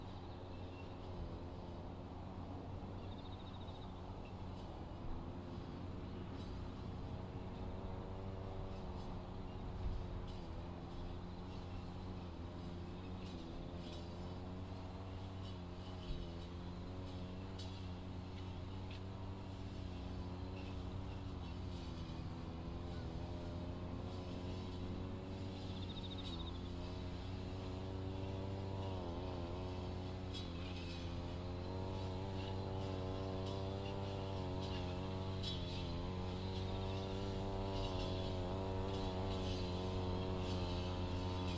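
A brush cutter mows weeds between sweet potato rows, its engine droning loudly and without pause. The pitch wavers and swells as the cutter works, most noticeably after about 25 seconds, over a steady low hum, with faint high insect calls above.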